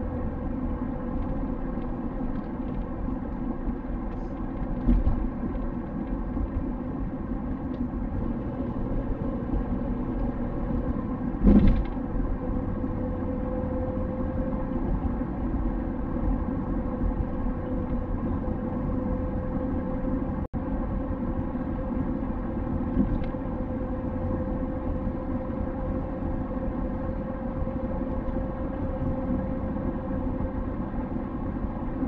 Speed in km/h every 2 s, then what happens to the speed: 62, 59, 56, 57, 63, 63, 66, 64, 64, 66, 66, 65, 67, 67, 67, 65.
0-5 slows to 56. 5-11 speeds up to 66. 11-32 steady at about 66.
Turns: none.